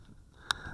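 The plastic body shell of an HBX 2098B Devastator mini RC rock crawler is pulled off its chassis mounting posts, with the hair-pin cotter pins already removed. A single sharp pop at 0.5 s marks the shell releasing from the posts, followed by low rumbling handling noise. The shell comes free.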